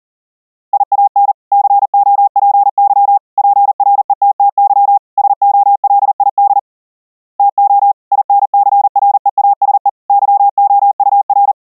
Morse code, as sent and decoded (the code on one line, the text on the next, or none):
.. .- -. / -.-. --- .--. -.-- / .--. .-. . - - -.-- / ... --- .-.. .. -.. / - --- / .. -. -.-. .-. . .- ... . / -.-- --- ..- .-.
IAN COPY PRETTY SOLID TO INCREASE YOUR